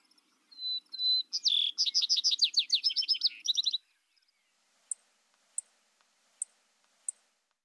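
Vesper Sparrow singing two sustained whistles leading into rapid, jumbled trills, followed by four sharp high ticks spaced under a second apart.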